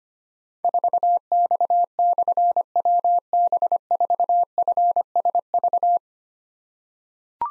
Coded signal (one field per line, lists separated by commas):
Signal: Morse code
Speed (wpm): 25 wpm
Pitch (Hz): 700 Hz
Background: none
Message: 4X/WB4FSV